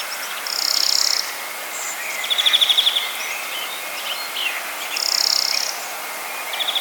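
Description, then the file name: European greenfinch uttering brief rattling trills at different pitches, each lasting under a second, over continuous background hiss. "Chloris chloris"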